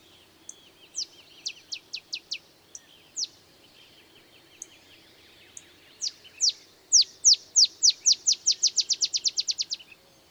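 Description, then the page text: Olive sparrow: a few scattered sharp chips first, then a long series of downslurred notes speeding into a rapid trill. Singing in the early morning in Texas, 50 miles north of the Mexican border; simple songs likened to a field sparrow's bouncing-ball song. "Olive sparrow. Recording early morning just 50 miles north of the Mexican border in Texas"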